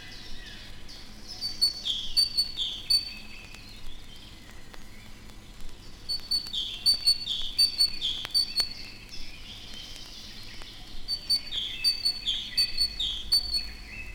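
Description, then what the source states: Great tit giving sharp, ringing chirps in three separate bouts, each a quick series of high notes, with soft steady hiss between them. Several different calls of the species presented; voice described as very ringing, the bird as seldom silent.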